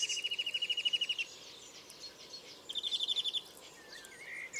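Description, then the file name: European greenfinch delivering two separate rippling trills of quick, evenly spaced notes, with faint twitters between them over a steady background hiss. "Chloris chloris"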